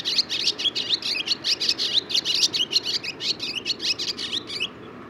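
Barn swallow song: a fast, continuous twittering chatter of scratchy, high notes lasting nearly five seconds.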